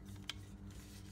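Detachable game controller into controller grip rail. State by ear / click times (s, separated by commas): seated / 0.3 s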